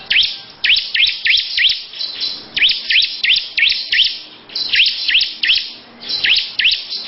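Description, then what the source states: Lovebird song: bursts of sharp, high V-shaped chirps in fast runs, separated by brief pauses. Long "ngekek" song.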